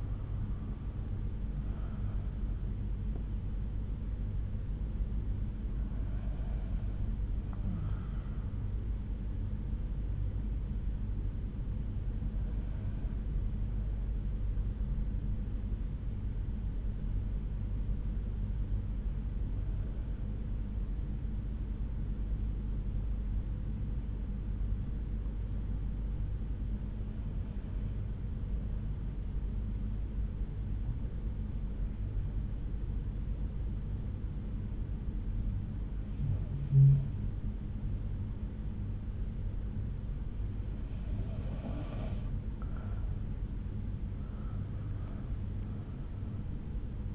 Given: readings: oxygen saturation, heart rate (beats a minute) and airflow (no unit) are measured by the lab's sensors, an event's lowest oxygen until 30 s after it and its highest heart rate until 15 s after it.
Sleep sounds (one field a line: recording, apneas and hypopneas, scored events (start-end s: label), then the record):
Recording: breathing in sleep by a smartphone at the bedside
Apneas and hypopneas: 1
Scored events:
11.00-38.90 s: hypopnea (N2, oxygen 95% highest, then 91% lowest, heart rate 59 at the start, 69 highest)
31.00-47.14 s: new sleep stage, N1 (lightest sleep)
From the record:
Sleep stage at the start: N2 (light sleep)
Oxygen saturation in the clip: 89 to 95%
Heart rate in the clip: 59 to 69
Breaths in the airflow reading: 10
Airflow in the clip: -7.1 to 6.5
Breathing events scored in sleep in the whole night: 368 in 8.0 hours asleep